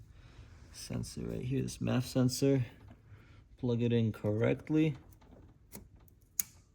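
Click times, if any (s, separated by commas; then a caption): 6.4 s. A plastic electrical plug on the wiring harness is pushed onto the mass air flow sensor on the new intake pipe of a MAD cold air intake being installed on a B58 540i. Someone talks first, then a few faint ticks are followed by one sharp click at 6.4 s as the connector locks and seats.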